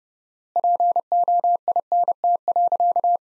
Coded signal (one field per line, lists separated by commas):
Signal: Morse code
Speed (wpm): 30 wpm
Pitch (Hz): 700 Hz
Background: none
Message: POINT.